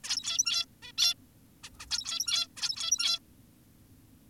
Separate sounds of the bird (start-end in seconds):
0.04-0.66, 0.83-0.92, 0.98-1.14, 1.64-1.70, 1.80-1.86, 1.91-2.48, 2.57-3.19